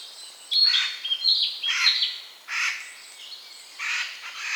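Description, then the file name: Eurasian jay giving harsh, raspy screeches in several rough bursts, with a couple of thin whistled notes mixed in. "Garrulus glandarius"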